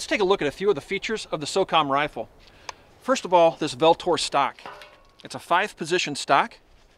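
Someone talks about the five-position adjustable buttstock on the buffer tube of a SOCOM rifle while handling it. Only speech with brief pauses and faint handling noise is heard. Nothing has seated or clicked into its locked position yet.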